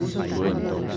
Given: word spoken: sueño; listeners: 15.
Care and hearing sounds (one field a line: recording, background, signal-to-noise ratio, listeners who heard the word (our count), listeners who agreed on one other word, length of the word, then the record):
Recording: one Spanish word in noise, from a listening test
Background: eight-talker babble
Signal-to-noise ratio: -2.1 dB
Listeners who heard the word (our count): 0 of 15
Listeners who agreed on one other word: 6 of 15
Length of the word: 0.57 s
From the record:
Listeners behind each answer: 6, 2, 2, 1, 1, 1, 1, 1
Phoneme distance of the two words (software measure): 17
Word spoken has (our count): 2 syllables, 5 phonemes, stress on syllable 1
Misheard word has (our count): 2 syllables, 6 phonemes, stress on syllable 1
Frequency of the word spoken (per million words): 104.51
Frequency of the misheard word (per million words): 7.09